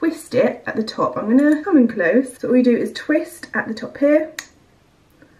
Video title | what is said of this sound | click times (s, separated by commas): MOVING VLOG #3 - Packing Bedroom, Tesco Food Shop & More packing! | wait until you hear the click like that and that is literally how much you need of | 5.2 s